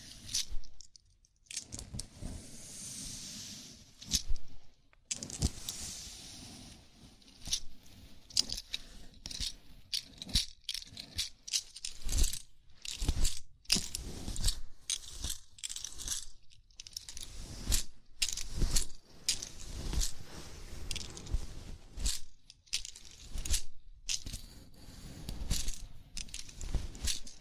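Fingers work through hair during a scalp massage, making dry, crackly rustles. Dense scratchy rubbing fills the first few seconds, then gives way to short, irregular bursts of crinkling and scrunching with brief near-silent gaps between them, continuing unevenly to the end.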